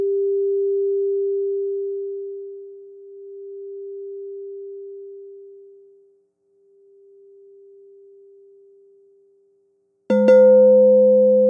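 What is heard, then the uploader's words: A crystal singing bowl rings with a pure, steady tone that slowly fades, swelling slightly once before dropping nearly to silence around six seconds and lingering faintly. Near ten seconds a second bowl is struck, sounding a brighter, fuller chord with a sharp attack. Healing sound therapy (Sound Bath) using crystal singing bowls.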